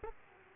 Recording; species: mosquito wingbeat signal from an infrared sensor; Aedes aegypti